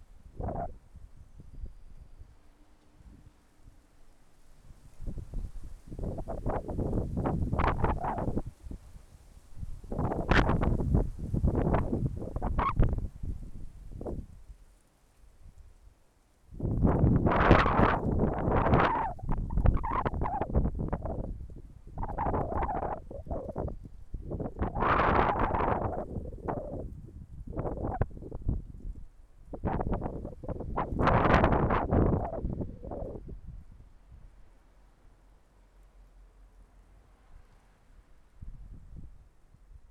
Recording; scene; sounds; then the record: everyday scene through a hearing-aid microphone; wind on the microphone; wind, traffic, birds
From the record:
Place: suburban garden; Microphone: behind the ear, left, rear